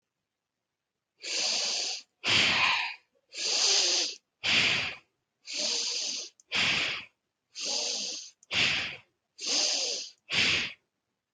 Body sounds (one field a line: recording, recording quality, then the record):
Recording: deep breathing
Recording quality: excellent, no background noise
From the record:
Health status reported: healthy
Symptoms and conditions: hypertension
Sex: female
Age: 42 years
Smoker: not ticked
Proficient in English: yes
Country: India